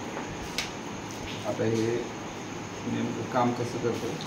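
A grip or holder piece from newly bought online-teaching equipment, probably a phone or tripod grip or holder, is fitted into a mount or stand. One short, sharp click is heard at 0.6 s as it seats into place. Someone talks afterward over a steady background hum.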